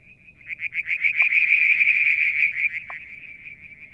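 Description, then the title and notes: Frogs calling with quick, beaded pulsed trills that build into a dense steady buzz, with two short low knocks and a soft rumble underneath. Striped marsh frog, Verreaux's tree frog and an unidentified frog; Mount Wilson, New South Wales, Australia; July 2022; evening, near a water tank. "Frog song, Mount Wilson, New South Wales, Australia in July 2022 – by Alexander Moffatt. Limnodynastes Peronii, Litoria Verreauxii and a mystery frog one evening near the water tank"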